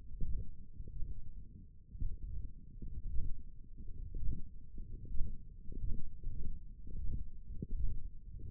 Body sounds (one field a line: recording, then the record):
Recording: forearm muscle sounds (acoustic myography)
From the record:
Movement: ulnar deviation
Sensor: system 1, eight BSWA MPA416 microphones around the upper forearm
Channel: 4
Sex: male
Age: 21 years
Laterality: right